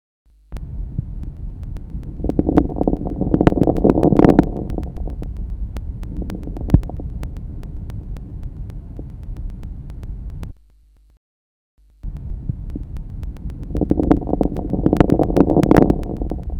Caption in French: Caractère est mieux perçu lors d'une ventilation à faible fréquence et grand volume courant. Il s'observe dans les pathologies de l'alvéole. Les crépitants de fin d'inspiration.